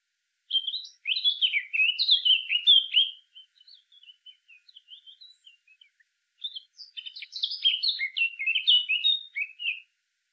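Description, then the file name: Eurasian blackcap giving two bursts of rich, varied warbling, separated by a stretch of faint soft twittering notes; the background is otherwise silent. "Sylvia atricapilla"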